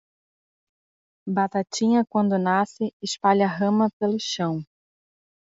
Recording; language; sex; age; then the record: short text; Brazilian Portuguese; female; 30 to 39 years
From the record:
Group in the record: control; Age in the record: 31 years